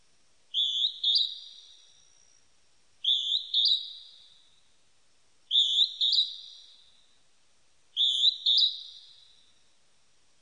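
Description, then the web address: Northern hawk-cuckoo repeating a high double note at regular intervals of about two and a half seconds. Recorded 23 May 1998. "1998 980523 jyuuiti"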